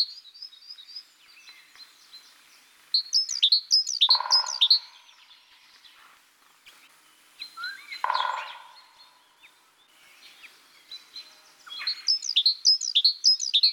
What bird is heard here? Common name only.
Great Tit